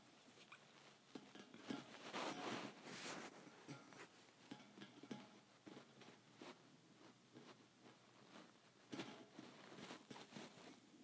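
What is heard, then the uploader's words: Metal bars tap and scrape against metal in irregular, bright clusters, busiest around two to three seconds, with a sharp knock near nine seconds. ASMR Metal Bars Tapping on Metal.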